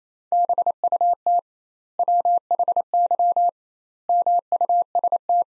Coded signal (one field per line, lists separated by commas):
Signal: Morse code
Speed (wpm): 28 wpm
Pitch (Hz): 700 Hz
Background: none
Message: BUT WHY MUST